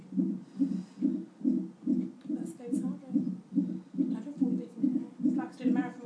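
Fetal heartbeat heard through a Doppler monitor, regular whooshing beats at about 140 per minute with normal variability: the rate varies by about 5 beats within a minute, with a brief dip that recovers within about 5 seconds, which is normal.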